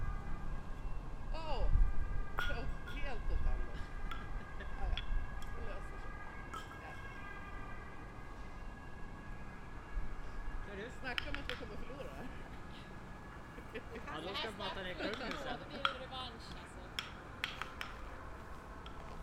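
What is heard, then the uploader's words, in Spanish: People play three-cushion billiards while voices chatter steadily underneath. Sharp clicks of balls striking ring out at irregular moments, clustering in the first few seconds and again near the end. A low rumble and a thin, steady high whine continue throughout. Personas que juegan al billar a tres bandas.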